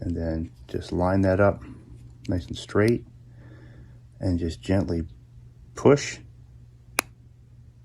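A Shimano Di2 cable plug, the other plug, is held in the plug tool, lined up straight and gently pushed into a component port while someone talks. A sharp little snap is heard at 7.0 s as the plug seats in the port.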